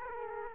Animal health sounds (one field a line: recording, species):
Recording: mosquito wingbeat signal from an infrared sensor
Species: Aedes aegypti